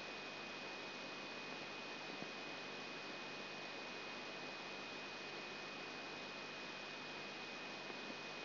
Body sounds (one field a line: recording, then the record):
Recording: brain microelectrode recording played as sound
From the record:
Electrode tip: outside the subthalamic nucleus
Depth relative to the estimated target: -4 mm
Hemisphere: left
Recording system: AlphaMap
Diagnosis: Parkinson's disease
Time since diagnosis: 12 years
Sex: female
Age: 47 years